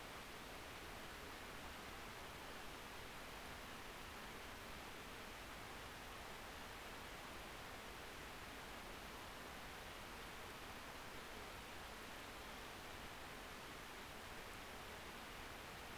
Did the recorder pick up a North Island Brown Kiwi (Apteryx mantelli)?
no